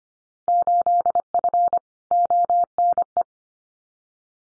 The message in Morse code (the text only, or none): 8F ONE